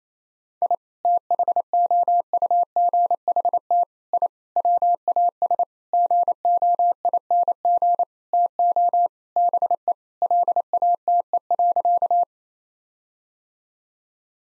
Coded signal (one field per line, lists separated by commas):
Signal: Morse code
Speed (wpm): 28 wpm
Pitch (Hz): 700 Hz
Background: none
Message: I THOUGHT I WAS GOING TO BE LATE.